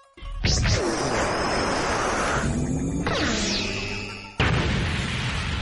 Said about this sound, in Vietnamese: Ngay sau đó, tiếng nổ lớn ngập trời.